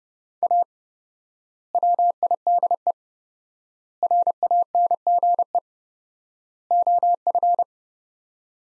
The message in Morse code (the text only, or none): A WIDE RANGE OF